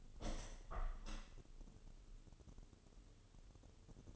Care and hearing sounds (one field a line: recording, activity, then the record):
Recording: daily activity, microphone in the room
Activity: open window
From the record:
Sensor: 4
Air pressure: 1015.8 hPa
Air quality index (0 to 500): 86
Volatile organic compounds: 1 ppm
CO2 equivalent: 952 ppm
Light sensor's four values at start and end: 9/20/8/7 and 9/20/8/7